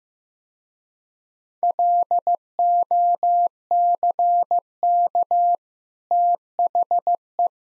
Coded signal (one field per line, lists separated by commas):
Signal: Morse code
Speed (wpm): 15 wpm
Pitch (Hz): 700 Hz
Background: none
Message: LOCK THE